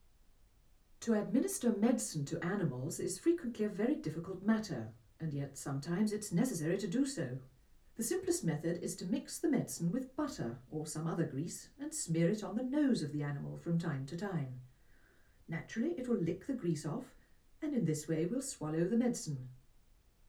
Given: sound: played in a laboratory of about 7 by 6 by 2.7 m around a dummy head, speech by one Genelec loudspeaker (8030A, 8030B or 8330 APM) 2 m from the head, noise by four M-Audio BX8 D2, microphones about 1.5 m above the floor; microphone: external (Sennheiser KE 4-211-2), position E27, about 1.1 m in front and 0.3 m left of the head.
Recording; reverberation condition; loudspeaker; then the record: female speech in English; low; 150 degrees to the right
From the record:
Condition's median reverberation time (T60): about 310 ms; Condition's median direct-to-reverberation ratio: about 3.5 dB